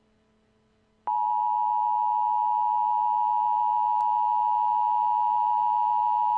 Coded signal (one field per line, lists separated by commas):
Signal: Emergency Alert System (SAME) tones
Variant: 853 and 960 Hz attention tone